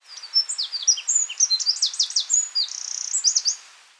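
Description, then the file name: Eurasian wren singing a loud, rapid, high-pitched outpouring of trills and sharp notes, with a fast rattling trill in the middle. "Troglodytes troglodytes"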